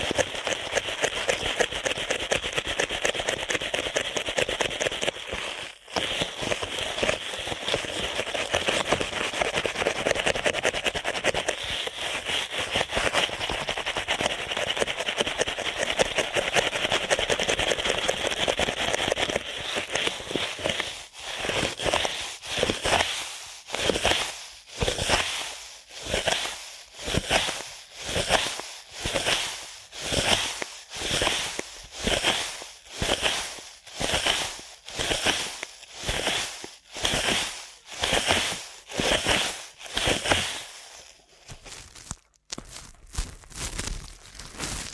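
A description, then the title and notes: Fast ear cleaning with a dense, steady rustling and scratching for the first twenty seconds, broken by a brief gap near five seconds. It then turns into rapid, even strokes, about two per second, until a short pause near forty seconds before it resumes. ASMR Ear Cleaning at Helicopter Speed.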